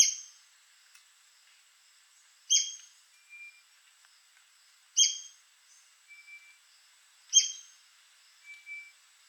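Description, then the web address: White-crested spadebill: four loud, buzzy squeaks roughly every two and a half seconds, with thin faint whistles between them. "sound White-crested-spadebill. دانلود-صدای-پرنده-بیلچه-نوک-کاکل-سفید"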